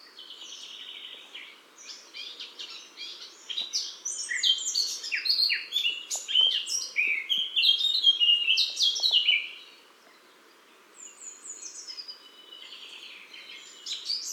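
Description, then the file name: Eurasian blackcap song: a rich chattering warble runs for about nine seconds, breaks off briefly, then softer notes resume and a loud phrase starts at the end. "Sylvia atricapilla"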